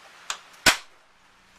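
A locking lever on a shelf bench, mounted below a folding workbench, is flicked out to unlock the shelf so it can be removed. A sharp snap sounds at 0.3 s, followed by a louder, fuller knock at about 0.7 s that fades over the next few tenths of a second. The lever is released and the shelf bench is unlocked.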